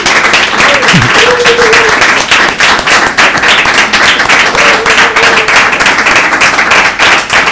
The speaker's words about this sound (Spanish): ¡Qué aplauso! Aplaudimos más a mi hermana que a mi pareja.